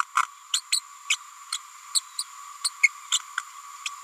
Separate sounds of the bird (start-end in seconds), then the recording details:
0.16-0.23, 0.53-0.61, 0.72-0.80, 1.09-1.16, 1.52-1.58, 1.95-2.00, 2.19-2.24, 2.64-2.70, 2.83-2.89, 3.12-3.18, 3.85-3.89. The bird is a female. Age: 30 days. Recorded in a nest box in Venezuela. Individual 17B102A6